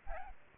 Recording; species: mosquito wingbeat signal from an infrared sensor; Aedes albopictus